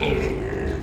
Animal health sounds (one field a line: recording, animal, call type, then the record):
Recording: contact call of a hoofed animal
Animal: pig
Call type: closed-mouth grunt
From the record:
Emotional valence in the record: positive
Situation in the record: food and toys in familiar pen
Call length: 0.83 s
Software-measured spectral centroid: 1720 Hz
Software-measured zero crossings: 1230 a second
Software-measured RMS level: -24 dBFS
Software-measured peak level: -9 dBFS